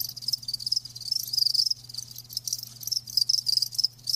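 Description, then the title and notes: Cricket chirps, fast high trilled bursts, some longer and some clipped, over a steady low drone. Live crickets chirping; a lulling song. "Live Crickets Chirping. RainManCJ"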